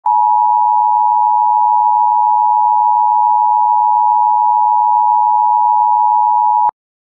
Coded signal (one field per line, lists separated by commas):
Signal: Emergency Alert System (SAME) tones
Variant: 853 and 960 Hz attention tone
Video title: Nuclear Attack: An EAS Short Scenario